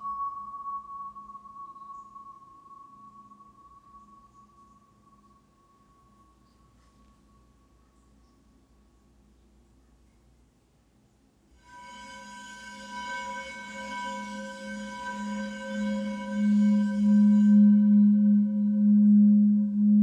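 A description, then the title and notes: Healing bowls ring in long, steady tones. A high tone fades slowly over the first ten seconds beside a low hum, then near twelve seconds a new strike brings a fuller, brighter ring with many overtones that swells and grows louder to the end. HEALING BOWLS FOR LAKE COUNTY.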